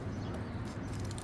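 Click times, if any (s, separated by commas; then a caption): none. An electrical connector is handled against an ignition coil after the spark plugs have been changed, with a steady low rumble and a couple of brief faint ticks near the end. The connector has not seated or clicked into place yet.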